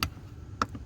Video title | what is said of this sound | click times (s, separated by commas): How To: Remove and Reinstall the Windshield Wiper Cowl Trim / Pan / Motor (Scion tC2 / tC2.5) | push the clip in here pop | 0.0 s, 0.6 s